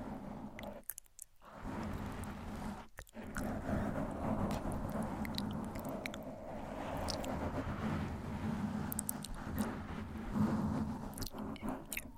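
Gentle scratching on a microphone, a dense, steady rustle with a low hum underneath. It cuts out briefly near the first and third seconds, then runs on evenly, with sharp little ticks and crackles scattered more often toward the end.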